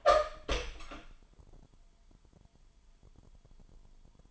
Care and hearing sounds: daily activity, microphone in the room; open door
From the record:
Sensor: 5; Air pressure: 998.5 hPa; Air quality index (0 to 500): 83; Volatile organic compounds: 1 ppm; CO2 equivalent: 941 ppm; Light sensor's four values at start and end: 33/79/33/36 and 33/80/33/36

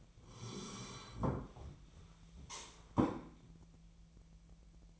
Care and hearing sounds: daily activity, microphone in the room; sit down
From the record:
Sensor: 1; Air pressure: 1001.6 hPa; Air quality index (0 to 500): 246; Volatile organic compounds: 115 ppm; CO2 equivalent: 3845 ppm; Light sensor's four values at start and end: 15/35/15/17 and 15/35/15/17

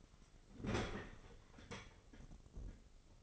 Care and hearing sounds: daily activity, microphone in the room; open fridge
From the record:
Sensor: 4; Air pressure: 996.0 hPa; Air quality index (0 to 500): 62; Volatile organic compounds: 2 ppm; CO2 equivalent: 1108 ppm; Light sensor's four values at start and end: 16/44/17/18 and 14/39/15/17

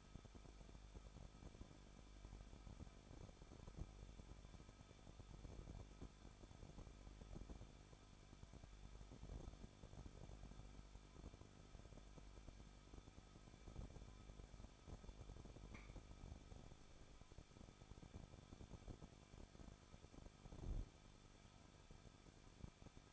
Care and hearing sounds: daily activity, microphone in the room; no activity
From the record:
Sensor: 5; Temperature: 20.8 degrees Celsius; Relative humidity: 38.4%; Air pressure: 1006.5 hPa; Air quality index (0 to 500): 189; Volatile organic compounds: 19 ppm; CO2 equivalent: 2667 ppm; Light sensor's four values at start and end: 2/3/1/1 and 2/3/1/1

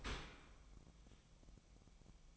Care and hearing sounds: daily activity, microphone in the room; open dishwasher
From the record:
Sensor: 1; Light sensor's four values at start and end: 9/22/8/9 and 9/22/8/9

